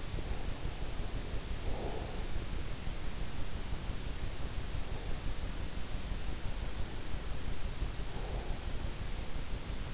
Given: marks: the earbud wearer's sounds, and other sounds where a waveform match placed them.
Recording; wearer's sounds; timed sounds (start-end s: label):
sounds in sleep by an in-ear microphone; breath
0.00-2.86 s: breath